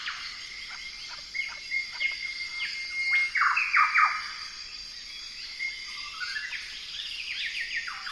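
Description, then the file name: Golden whistler song: clear whistled notes near one pitch, then a burst of sharp downslurred whistles and a closing series of stepped notes, with a steady high hiss behind. "Golden whistler bird singing"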